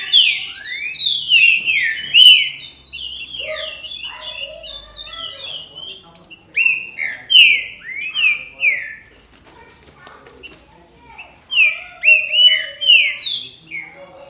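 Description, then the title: Green-winged saltator song: bursts of loud, slurred whistled notes dropping in pitch, delivered in clusters with short pauses, plus a faint low hum early on. "Trinca Ferro"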